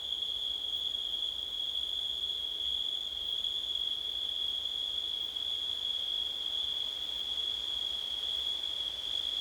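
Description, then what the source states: Continuous high cricket trilling, smooth and unbroken from start to end, over a gentle background hiss. September night, with wind.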